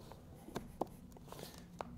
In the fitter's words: that snapped right in